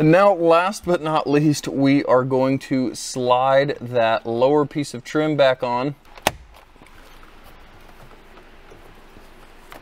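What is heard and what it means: Someone talks for about six seconds, then the lower plastic trim piece below the gauge cluster of a Porsche 911 997.1 is handled to be slid back onto the dashboard. There is a sharp tap near 6.3 s and a faint low rustle after it. The stubborn bottom clips have not been snapped in, and nothing has seated or clicked yet.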